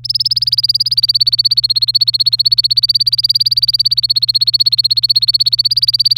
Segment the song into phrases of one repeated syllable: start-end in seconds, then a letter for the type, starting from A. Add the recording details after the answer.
0.04-6.18 A. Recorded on 27 April 2018 at 10:03. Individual llb3